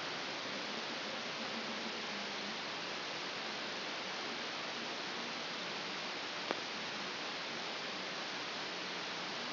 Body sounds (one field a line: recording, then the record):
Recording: brain microelectrode recording played as sound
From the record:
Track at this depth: inside the subthalamic nucleus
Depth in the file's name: 3.129 mm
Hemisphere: left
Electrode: 2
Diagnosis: Parkinson's disease